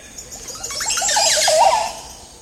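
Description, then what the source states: Montezuma Oropendola song: a liquid, gurgling cascade of notes building into a loud rushing swell, then tailing off over about two seconds. A tropical bird nominated by listeners for coolest bird sound.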